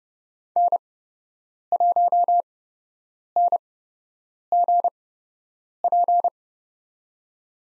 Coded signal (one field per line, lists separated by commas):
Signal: Morse code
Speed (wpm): 28 wpm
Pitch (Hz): 700 Hz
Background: none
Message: N1NGP